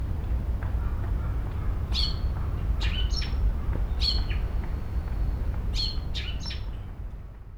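Bird giving short, sharp chirps in loose clusters around the second, third, fourth and sixth seconds, over a steady low rumble that fades near the end.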